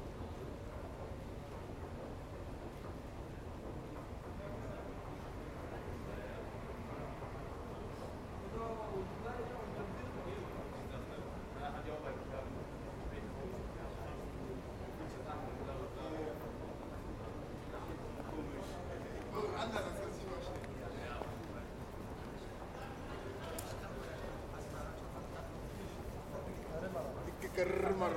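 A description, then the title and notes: Steady hall ambience inside a central train station: dense low rumble, constant overlapping voices, and occasional brighter clatters around twenty seconds and near the end. Ambience inside the central station in Essen at 11:15 pm.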